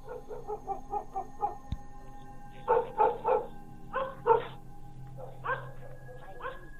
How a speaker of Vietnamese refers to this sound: Ở bên ngoài, con Vàng bị xích ở ngoài cột hiên, cứ hướng về phía cửa sổ nhà chúng mà sủa inh ỏi. Dường như nó đang sủa một cái thứ gì đó, một thứ gì đó mà không ai thấy được.